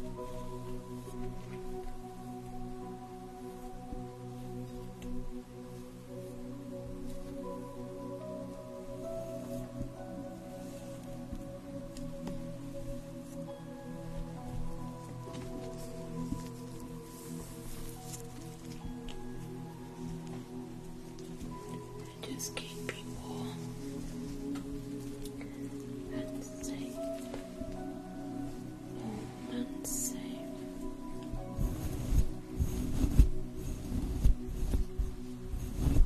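Sounds of a facial treatment: a steady low hum with sustained tones runs throughout, under soft rubbing and handling noises. Small clicks and brushes come and go, and in the last few seconds louder, thicker rustling and thumping takes over.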